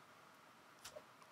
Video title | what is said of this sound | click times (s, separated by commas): AXISFLYING KOLAS6 Light Folding FPV Drone 😄 | and it snaps into place it's a nice you know pretty nice design | 0.9 s